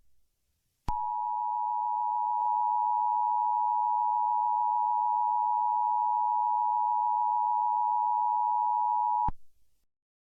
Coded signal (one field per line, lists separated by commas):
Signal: Emergency Alert System (SAME) tones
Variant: 853 and 960 Hz attention tone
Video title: EAS Amber Alert - Pensacola, Escambia County Florida - Mon 9 23 2024 at 7 pm (2 alerts)